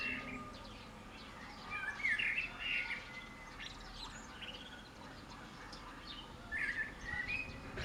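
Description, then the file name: Common blackbird phrases: mellow warbled notes around two seconds in and again near the end, with scattered high twitters from other birds and faint hiss. "Turdus merula"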